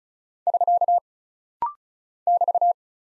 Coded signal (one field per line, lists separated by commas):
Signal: Morse code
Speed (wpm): 36 wpm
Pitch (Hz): 700 Hz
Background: none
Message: <SK> <BT>